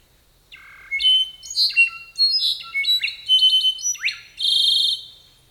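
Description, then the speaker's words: Slate-colored Solitaire song: a run of pure, high, ringing whistled notes, some rising and some falling, ending in a sustained buzzy-edged tone. Ethereal song; species of the Mexican and Central American highlands. "Or the ethereal beauty of the slate-colored solitaire."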